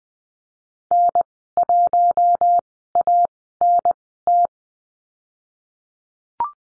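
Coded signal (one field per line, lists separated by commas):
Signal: Morse code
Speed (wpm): 20 wpm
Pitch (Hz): 700 Hz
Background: none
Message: N1ANT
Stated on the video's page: Morse code course lesson drill at Farnsworth spacing, 20 wpm characters at 10 wpm overall, practising numbers and call signs.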